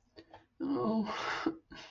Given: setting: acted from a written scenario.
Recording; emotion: vocal sound without words; guilt